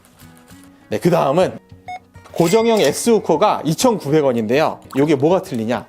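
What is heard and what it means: A fixed-type plastic X hook is handled at a kitchen tension rod, where it is meant to be pressed on and lock in place so it no longer moves. Someone talks over soft background music, with a few faint taps near the start. Nothing has seated or clicked yet.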